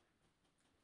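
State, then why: Not seated. A cordless 60V battery pack is handled at the enclosed battery compartment of a Toro 60V Power Clear E21 cordless 21-inch snow blower, a compartment made to keep the battery safe from the elements, as it is inserted to be pressed down. Only faint, steady handling rustle is heard, with no sharp transients. Nothing has seated or clicked yet.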